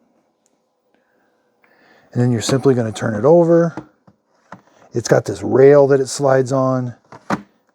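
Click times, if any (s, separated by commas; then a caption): 7.3 s. Someone talks while the plastic clean-water tank of a Bissell Little Green Machine 1400 portable carpet spot cleaner is turned over and slid along its rail onto the base. A sharp hit at 7.3 s marks the tank locking in place on the base.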